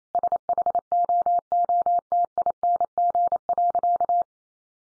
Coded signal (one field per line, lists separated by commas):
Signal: Morse code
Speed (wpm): 28 wpm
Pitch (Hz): 700 Hz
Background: none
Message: SHOOTING.